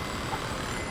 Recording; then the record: background sound without coughing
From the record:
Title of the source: 30 MINUTES Construction Site Ambience (CC BY 4.0)